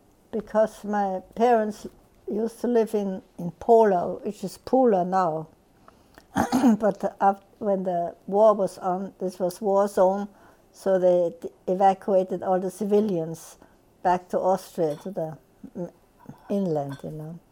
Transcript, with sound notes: because my parents used to live in Polau, which is Poula now. ( she clears her throat ) But when the war was on, this was war zone, so they evacuated all the civilians back to Austria to the inland, you know?